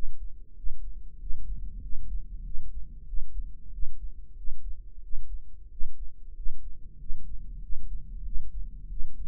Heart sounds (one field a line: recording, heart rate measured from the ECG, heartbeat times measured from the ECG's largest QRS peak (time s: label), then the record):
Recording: heart sounds by microphone in the right ear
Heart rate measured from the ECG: 94 bpm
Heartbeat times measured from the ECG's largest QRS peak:
0.58 s: heartbeat
1.21 s: heartbeat
1.84 s: heartbeat
2.46 s: heartbeat
3.08 s: heartbeat
3.74 s: heartbeat
4.38 s: heartbeat
5.04 s: heartbeat
5.72 s: heartbeat
6.37 s: heartbeat
7.01 s: heartbeat
7.64 s: heartbeat
8.26 s: heartbeat
8.91 s: heartbeat
From the record:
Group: healthy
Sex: male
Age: 21 years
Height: 175 cm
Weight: 72.6 kg